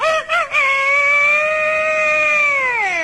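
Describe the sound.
A man's voice, asked to imitate a dragon's call, mimics a rooster's crow: a couple of short clipped notes, then one long, loud, steady call held for over two seconds that slides downward at the end.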